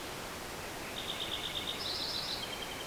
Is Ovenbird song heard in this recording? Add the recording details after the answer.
no. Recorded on 21 June 2016 at 08:48. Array SBT-6-76